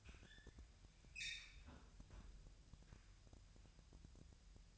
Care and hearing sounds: daily activity, microphone in the room; close fridge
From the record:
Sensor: 2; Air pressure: 1001.8 hPa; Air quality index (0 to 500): 248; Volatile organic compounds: 36 ppm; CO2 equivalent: 3087 ppm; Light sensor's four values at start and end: 8/28/11/10 and 8/28/11/10

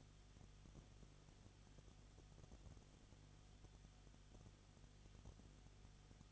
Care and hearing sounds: daily activity, microphone in the room; no activity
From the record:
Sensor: 4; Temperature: 22.7 degrees Celsius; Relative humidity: 31.7%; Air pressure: 995.4 hPa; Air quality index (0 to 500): 158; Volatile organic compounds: 2 ppm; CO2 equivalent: 1254 ppm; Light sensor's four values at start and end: 2/3/1/1 and 2/3/1/1

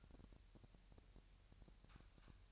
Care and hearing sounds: daily activity, microphone in the room; take from stove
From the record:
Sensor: 2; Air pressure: 1001.8 hPa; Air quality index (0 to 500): 249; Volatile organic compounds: 37 ppm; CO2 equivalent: 3091 ppm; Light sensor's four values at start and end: 5/11/5/5 and 5/11/5/5

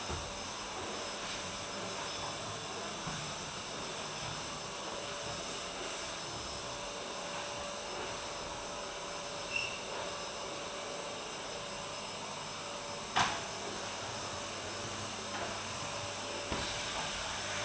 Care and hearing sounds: daily activity, microphone in the room; vacuum cleaning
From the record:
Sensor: 2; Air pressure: 1011.7 hPa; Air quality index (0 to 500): 220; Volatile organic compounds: 4 ppm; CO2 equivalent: 1549 ppm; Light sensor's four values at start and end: 9/20/8/8 and 8/20/8/8

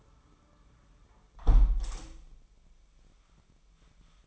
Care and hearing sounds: daily activity, microphone in the room; close window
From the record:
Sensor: 1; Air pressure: 998.6 hPa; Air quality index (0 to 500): 125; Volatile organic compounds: 3 ppm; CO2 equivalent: 1494 ppm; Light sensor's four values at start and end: 8/19/8/9 and 8/18/7/9

